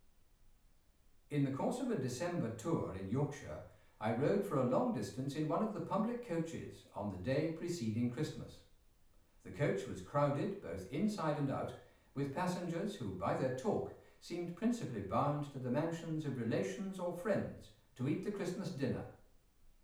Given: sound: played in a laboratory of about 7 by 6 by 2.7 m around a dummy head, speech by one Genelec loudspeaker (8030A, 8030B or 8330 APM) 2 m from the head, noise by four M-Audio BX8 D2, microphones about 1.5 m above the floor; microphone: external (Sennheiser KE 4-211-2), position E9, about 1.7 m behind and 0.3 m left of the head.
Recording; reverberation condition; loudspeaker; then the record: male speech in English; medium; 30 degrees to the left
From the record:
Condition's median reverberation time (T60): about 510 ms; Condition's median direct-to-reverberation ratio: about -0.5 dB